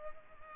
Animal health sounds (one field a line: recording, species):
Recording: mosquito wingbeat signal from an infrared sensor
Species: Culex pipiens